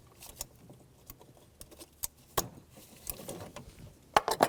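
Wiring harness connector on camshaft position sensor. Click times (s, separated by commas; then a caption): 4.2 s. Pliers squeeze the green locking tab and black body of the wiring harness connector on the camshaft position sensor of a 2004–2015 Nissan Titan, with scattered small ticks and rattles as the grip works. The plastic lock clicks sharply at 4.2 s, followed by a few quieter clicks as the connector releases.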